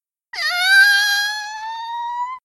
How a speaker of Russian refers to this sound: Но в этот момент вновь раздался кошачий вой.